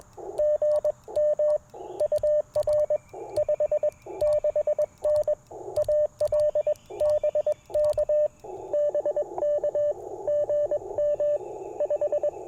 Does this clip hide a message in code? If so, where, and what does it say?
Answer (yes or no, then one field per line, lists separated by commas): yes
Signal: Morse code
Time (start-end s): 0.4-12.3 s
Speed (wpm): 21 wpm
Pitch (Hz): 590 Hz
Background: radio noise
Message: GM UR 56N AL BK BK GM 5